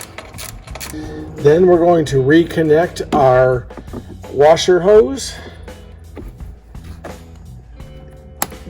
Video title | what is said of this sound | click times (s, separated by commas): How to Remove a Jeep Wrangler Hard Top by Yourself | just click it until you hear it snap into place | 8.4 s